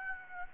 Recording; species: mosquito wingbeat signal from an infrared sensor; Aedes aegypti